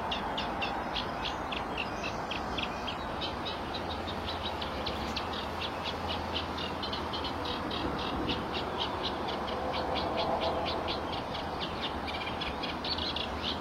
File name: canto do picanco de coroa branca do norte